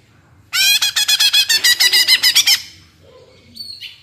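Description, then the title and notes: Leafbird song: two seconds of rapid, evenly repeated bright notes, followed by a soft high whistle. Captive-style singing used as a master recording for training kept birds; described as gacor (singing constantly) and ngentrok, with raised crest, tuneful. "Cucak Ijo Gacor Ngentrok Jambul Nembak. suara burung cucak ijo gacor, merdu cocok buat masteran burung cucak ijo"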